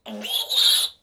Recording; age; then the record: pig call; piglet (1 to 25 days)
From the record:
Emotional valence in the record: negative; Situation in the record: restrain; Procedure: back test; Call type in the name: high-frequency call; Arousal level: maximum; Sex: male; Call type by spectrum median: high-frequency call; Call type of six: mixed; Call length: 1.03 s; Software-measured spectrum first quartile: 3577 Hz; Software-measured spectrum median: 4165 Hz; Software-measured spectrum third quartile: 7465 Hz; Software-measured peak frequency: 3680 Hz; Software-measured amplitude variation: 191 dB a second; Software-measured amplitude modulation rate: 17.4 a second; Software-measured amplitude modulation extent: 11.0 dB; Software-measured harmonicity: 7.4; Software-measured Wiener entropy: -3.15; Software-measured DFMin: 1666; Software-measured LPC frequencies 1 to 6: 650, 1568, 3405, 3828, 4299, 7157 Hz